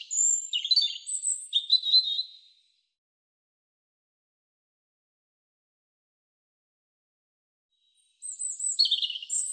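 European robin singing one rippling, high-pitched warbled phrase of thin whistles and trills, then a long silence before a second phrase starts near the end.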